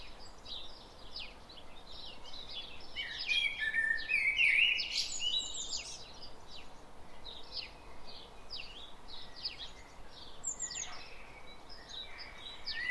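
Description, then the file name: Common blackbird with one fluty warbled phrase early on, and scattered high chirps throughout. "Turdus merula"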